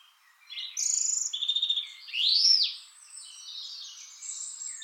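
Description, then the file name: European robin song: a rapid stuttering trill, then a loud arched whistle that rises and falls, then softer high twittering. "Erithacus rubecula"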